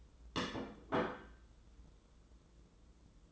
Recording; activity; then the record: daily activity, microphone in the room; place plate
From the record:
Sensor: 3